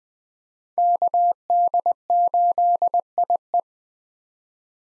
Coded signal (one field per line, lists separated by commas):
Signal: Morse code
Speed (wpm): 20 wpm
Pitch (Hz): 700 Hz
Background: none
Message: KD8IE